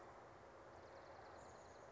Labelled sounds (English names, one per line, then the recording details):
Chestnut-backed Chickadee
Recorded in Sonoma County, California